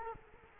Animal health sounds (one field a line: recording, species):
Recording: mosquito wingbeat signal from an infrared sensor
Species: Culex quinquefasciatus